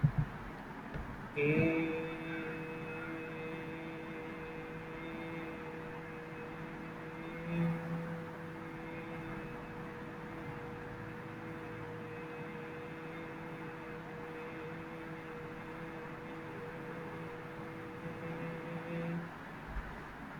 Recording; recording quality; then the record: sustained vowel as in made; moderate, slight background noise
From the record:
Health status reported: healthy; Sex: male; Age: 25 years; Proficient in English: yes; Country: India